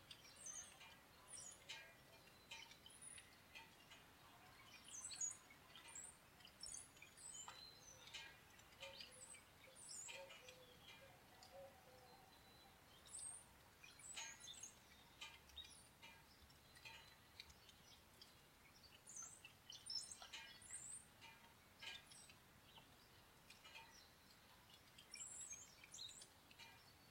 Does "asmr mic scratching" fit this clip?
no